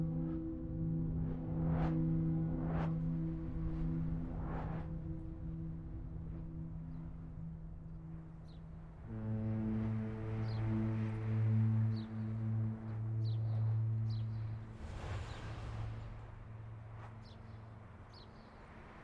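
Cars sped up many times over rush past as quick swooshes, about one every second or two early on, over a low, steady engine drone. Around nine seconds the drone drops deeper and louder, like a bus, with faint high chirps above and a brighter whoosh near fifteen seconds.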